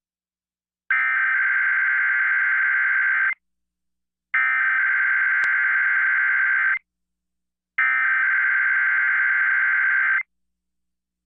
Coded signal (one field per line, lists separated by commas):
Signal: Emergency Alert System (SAME) tones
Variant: header bursts